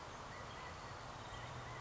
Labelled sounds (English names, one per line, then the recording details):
California Quail
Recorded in Sonoma County, California